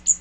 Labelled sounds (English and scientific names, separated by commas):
Magnolia Warbler (Setophaga magnolia) flight call